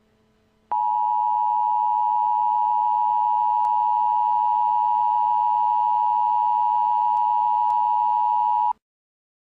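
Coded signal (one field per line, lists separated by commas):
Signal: Emergency Alert System (SAME) tones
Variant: 853 and 960 Hz attention tone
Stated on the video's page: Fictional EAS scenario about northern lights in Tampa.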